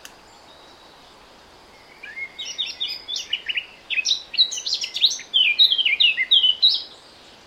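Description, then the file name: Eurasian blackcap song starting after two seconds of near silence, a quick chattering warble rising into louder clear whistles. "Sylvia atricapilla"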